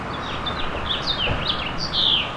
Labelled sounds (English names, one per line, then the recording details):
House Finch song
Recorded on Long Island, New York, on 25 May 2011
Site KG
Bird A